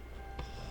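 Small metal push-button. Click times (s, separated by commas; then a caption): 0.4 s. The silver rewind release button on the bottom of a Nikon F3 film camera is pushed, giving a single short click at 0.4 s over a steady low background hum. The release frees the film transport so the film can be rewound.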